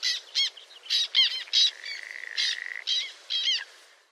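Bird calls: harsh, ringing squawks in separate bursts about every half second, with a steady buzzy note running underneath through the middle.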